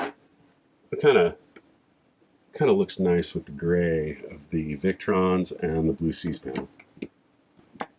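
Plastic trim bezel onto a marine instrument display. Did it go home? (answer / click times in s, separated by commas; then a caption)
yes / 7.8 s. A gunmetal-colored plastic trim bezel is fitted onto a new Raymarine i70s marine instrument display at a boat's navigation station while someone talks. A few quiet ticks follow, then a sharp snap at 7.8 s as the bezel pops into place.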